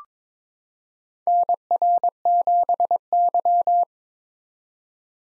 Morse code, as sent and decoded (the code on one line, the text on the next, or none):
-. .-. --... -.--
NR7Y